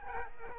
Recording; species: mosquito wingbeat signal from an infrared sensor; Aedes aegypti